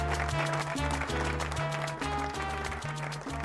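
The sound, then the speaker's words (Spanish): Studio audience applause on the show Punto de Encuentro, welcoming a guest joining from New York. A dense steady clatter of clapping rolls on throughout, mixed with a loud music backing whose bass notes step up and down in a quick rhythm. No one speaks. “Le vamos a dar un fuerte aplauso y bienvenido a Punto de Encuentro”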